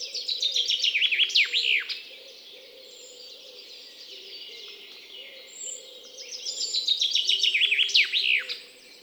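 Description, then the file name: Common chaffinch delivering two cascading songs, rattling downward and finishing with a flourish, with thin high calls and a low steady hum between them. "Fringilla coelebs"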